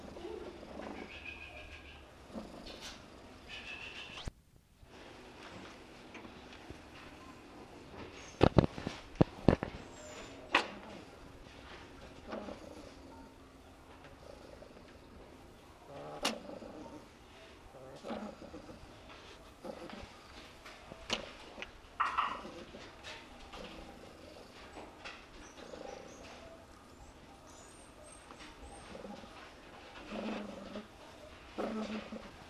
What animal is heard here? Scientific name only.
Vulpes zerda